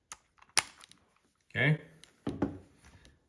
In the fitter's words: Snap in place here.